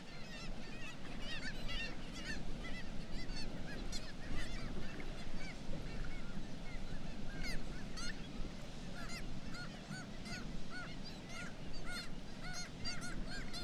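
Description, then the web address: Black-legged kittiwakes calling, many nasal, arched, overlapping cries that repeat constantly over a steady low roar. "sound Black-legged-kittiwake. صدای-پرنده-کاکایی-پاسیاه"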